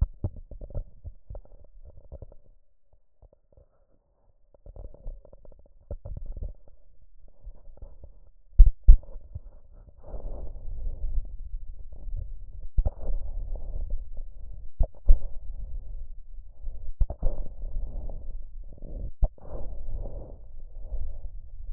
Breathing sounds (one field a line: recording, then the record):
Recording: lung sounds by stethoscope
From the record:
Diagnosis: chronic bronchitis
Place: left posterior upper chest